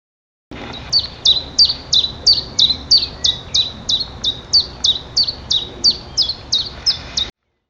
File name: Phylloscopus collybita